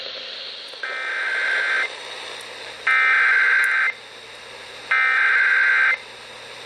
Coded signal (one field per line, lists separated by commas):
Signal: Emergency Alert System (SAME) tones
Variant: header bursts